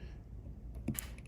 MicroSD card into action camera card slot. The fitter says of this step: it clicks in place and then they get it to remove the SD card